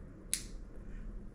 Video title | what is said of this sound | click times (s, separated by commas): Maidesite Lift Chair can help people with lifting from falling | The two go together, and listen, you'll hear a snap. | 0.3 s